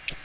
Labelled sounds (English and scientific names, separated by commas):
Ovenbird (Seiurus aurocapilla) flight call